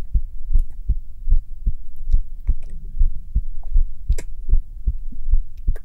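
Steady, regular low thumps at about 78 beats a minute, with a soft background hum. These are an ordinary heartbeat at a normal resting rate.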